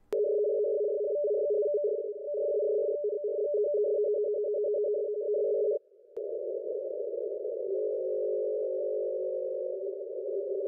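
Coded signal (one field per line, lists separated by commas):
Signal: NAVTEX (SITOR-B)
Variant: 100 baud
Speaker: there is also some nav Tex for navigational Aid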